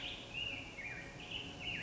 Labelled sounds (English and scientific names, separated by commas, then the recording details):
Black-headed Grosbeak (Pheucticus melanocephalus)
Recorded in Sonoma County, California